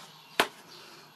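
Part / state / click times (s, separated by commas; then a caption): plastic cover panel on an RC foam EDF jet fuselage / seated / 0.4 s. A plastic cover panel on an RC foam EDF jet fuselage is pushed back on after fitting a new 40 amp ESC. It snaps into place with a single sharp click at 0.4 s, and the cover is seated.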